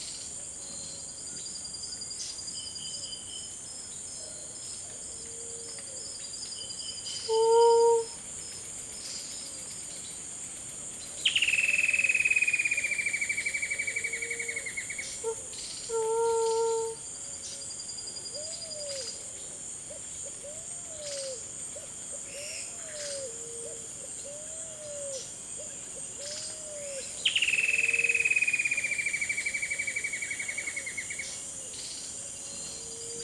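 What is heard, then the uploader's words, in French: Nightfall, with a steady high buzz of crickets running throughout. A bird gives two long falling whistles, near 11 and 27 seconds, and short low calls sound around 8 and 16 seconds, while soft repeated chirps recur beneath the insect drone. La tombée de la nuit.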